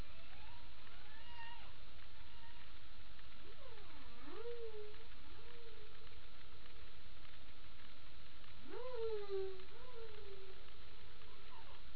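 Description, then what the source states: Humpback whale song: upswept whoops and swooping moans, harmonic and tonal, in several phrases with a pause, over low rumbling underwater noise and a faint steady tone. 28 April 2009, around 22:31; recorded underwater by a HARP passive acoustic recording package.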